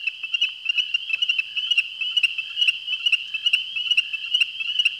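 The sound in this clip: Ornate chorus frog calls: short, sharp, high peeping notes repeated rapidly and unevenly throughout.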